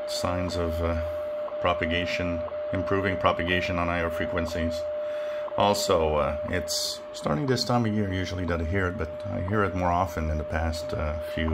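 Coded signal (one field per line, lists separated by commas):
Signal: radio time signal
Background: speech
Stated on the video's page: WWV time signal received at 25 MHz on a Tecsun PL-990X; higher frequencies are improving with more solar activity.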